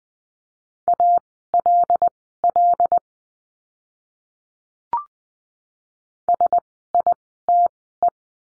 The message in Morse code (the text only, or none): ALL SITE